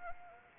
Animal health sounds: mosquito wingbeat signal from an infrared sensor; Anopheles arabiensis

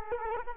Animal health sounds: mosquito wingbeat signal from an infrared sensor; Culex quinquefasciatus

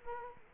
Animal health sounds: mosquito wingbeat signal from an infrared sensor; Culex quinquefasciatus

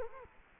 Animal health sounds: mosquito wingbeat signal from an infrared sensor; Culex quinquefasciatus

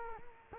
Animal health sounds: mosquito wingbeat signal from an infrared sensor; Culex quinquefasciatus

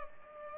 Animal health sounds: mosquito wingbeat signal from an infrared sensor; Culex pipiens

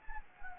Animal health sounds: mosquito wingbeat signal from an infrared sensor; Anopheles gambiae

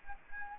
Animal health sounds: mosquito wingbeat signal from an infrared sensor; Anopheles gambiae

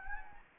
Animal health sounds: mosquito wingbeat signal from an infrared sensor; Anopheles gambiae

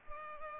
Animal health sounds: mosquito wingbeat signal from an infrared sensor; Culex pipiens

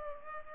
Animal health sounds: mosquito wingbeat signal from an infrared sensor; Culex pipiens

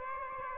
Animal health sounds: mosquito wingbeat signal from an infrared sensor; Aedes aegypti

